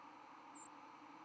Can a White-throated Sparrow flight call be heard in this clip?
yes